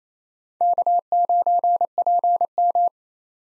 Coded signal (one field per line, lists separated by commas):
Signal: Morse code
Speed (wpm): 28 wpm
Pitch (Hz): 700 Hz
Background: none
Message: K9PM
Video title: 2023 SOTA Chaser Call Signs - 28wpm